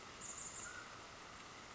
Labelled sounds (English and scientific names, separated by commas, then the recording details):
Mountain Quail (Oreortyx pictus)
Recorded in Sonoma County, California